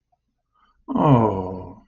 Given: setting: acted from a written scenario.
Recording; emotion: vocal sound without words; sympathy